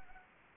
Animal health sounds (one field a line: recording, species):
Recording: mosquito wingbeat signal from an infrared sensor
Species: Anopheles gambiae